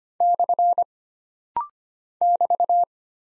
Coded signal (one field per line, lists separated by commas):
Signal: Morse code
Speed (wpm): 25 wpm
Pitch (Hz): 700 Hz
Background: none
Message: / <BT>